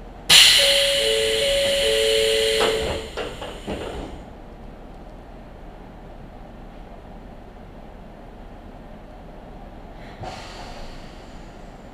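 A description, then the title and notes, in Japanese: A train ride on the Izu-Hakone and Tokaido lines opens with a loud, bright burst of air hiss for about two seconds, with a steady tone sounding through it. A low rumble follows, and a softer hiss returns around ten seconds. 伊豆箱根鉄道 大場→三島 東海道本線 三島→沼津。大場までくると日が西に傾きはじめて予想以上に冷えてきました。富士山や箱根から吹き降ろしてくると思われる風もなかなか強いです。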